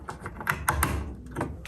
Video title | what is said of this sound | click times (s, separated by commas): Replacing the GU24 light bulbs in a Panasonic ceiling fan for $22 | And all you're going to do is put that in, and you're going to hear 2 clicks. | 0.5 s, 0.8 s